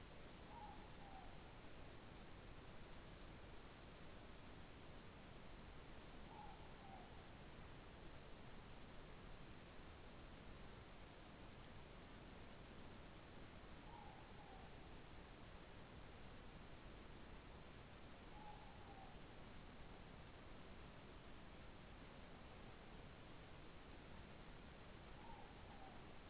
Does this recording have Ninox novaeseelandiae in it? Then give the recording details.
yes. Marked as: faintness 2/5. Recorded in New Zealand. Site Taranaki